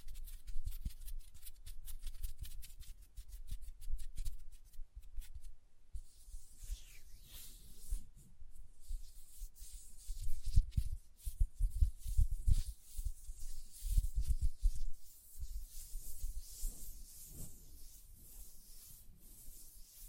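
Hand sounds with quick, dense nail tapping early on, then soft rubbing and hissy swishes with low thumps scattered throughout the rest.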